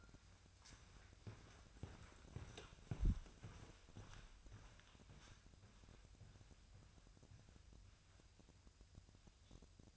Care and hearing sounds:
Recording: daily activity, microphone in the room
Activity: walk to room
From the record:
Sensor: 2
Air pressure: 999.4 hPa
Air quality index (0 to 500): 192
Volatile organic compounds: 25 ppm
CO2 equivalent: 2843 ppm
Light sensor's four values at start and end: 7/17/7/7 and 7/17/7/7

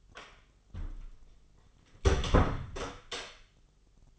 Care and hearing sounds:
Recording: daily activity, microphone in the room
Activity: close door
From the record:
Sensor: 4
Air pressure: 996.9 hPa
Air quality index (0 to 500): 42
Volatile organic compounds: 1 ppm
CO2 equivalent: 663 ppm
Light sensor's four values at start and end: 18/41/17/17 and 19/45/18/19

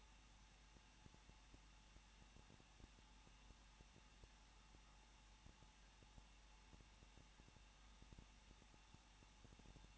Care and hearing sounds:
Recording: daily activity, microphone in the room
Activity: no activity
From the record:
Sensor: 1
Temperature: 20.1 degrees Celsius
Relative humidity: 39.1%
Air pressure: 1006.5 hPa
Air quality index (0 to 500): 216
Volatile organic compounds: 72 ppm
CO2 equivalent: 3540 ppm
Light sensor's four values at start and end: 1/2/1/1 and 1/2/1/1

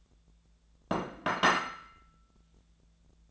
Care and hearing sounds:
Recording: daily activity, microphone in the room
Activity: place plate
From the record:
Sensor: 3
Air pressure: 1000.3 hPa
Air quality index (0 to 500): 141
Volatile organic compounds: 2 ppm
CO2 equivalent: 1248 ppm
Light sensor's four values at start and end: 35/87/37/40 and 34/86/37/40

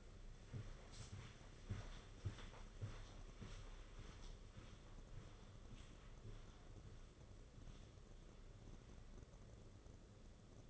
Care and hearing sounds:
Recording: daily activity, microphone in the room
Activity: walk to room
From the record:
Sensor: 4

